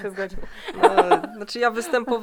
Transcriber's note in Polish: śmiech